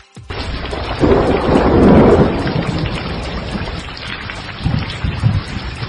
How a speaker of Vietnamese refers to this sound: Lại một tia chớp xoẹt qua đánh ầm một tiếng. Mưa to tầm tã trút xuống.